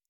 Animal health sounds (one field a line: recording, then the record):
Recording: hydrophone in a shrimp aquaculture tank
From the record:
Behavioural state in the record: normal